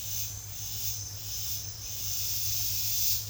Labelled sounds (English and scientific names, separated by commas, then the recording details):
none
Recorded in secondary vegetation near Puerto Asís, Putumayo, Colombia, on 28 February 2025 at 09:00
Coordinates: 0.498, -76.327
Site G001